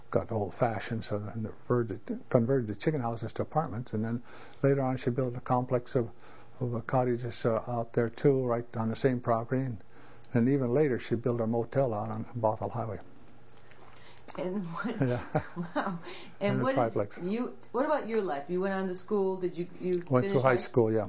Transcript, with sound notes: got old fashioned so they converted the chicken houses to apartments and then later on she built a complex of - of a cottage that's out there too right on the same property and even later she built a motel out on Bothell Highway.
And what - (laughs) wow.
Triplex.
You -- what about your life? You went on to school, did you - you finished high—
Went through high school, yeah.